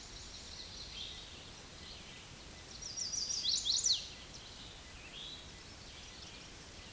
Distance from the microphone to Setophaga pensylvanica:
about 15 m